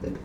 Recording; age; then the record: pig call; growing-finishing pig (85 days or more)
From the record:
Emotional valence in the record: positive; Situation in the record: run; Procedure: transit